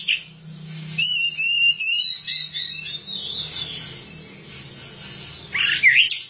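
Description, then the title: Oriental magpie-robin song: a loud burst of varied high whistled and chattering notes for about two seconds, quieter after, then another bright whistled phrase near the end. Kacer song. "Suara Kicauan Burung Kacer Durasi Panjang"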